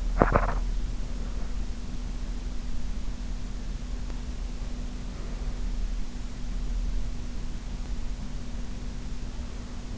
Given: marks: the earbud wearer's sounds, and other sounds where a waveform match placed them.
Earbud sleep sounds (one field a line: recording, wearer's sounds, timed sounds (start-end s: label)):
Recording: sounds in sleep by an in-ear microphone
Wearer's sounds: teeth grinding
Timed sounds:
0.00-0.81 s: teeth grinding